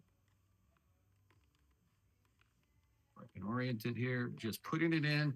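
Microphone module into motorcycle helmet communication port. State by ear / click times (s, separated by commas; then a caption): not seated / none. A plug-in microphone module for a Schubert motorcycle helmet's Cardo communication port is lined up and oriented in the blank spot inside the helmet shell, before being pushed home. The first three seconds hold only faint, quiet handling, and from about 3.2 s someone talks. The module has not snapped or clicked into place yet.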